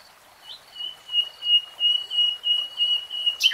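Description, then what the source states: Nightingale song phrase of a sustained high whistle broken into rhythmic pulses, ending in a sudden sharp burst. Singing, heard in real time, from a 3-hour recording.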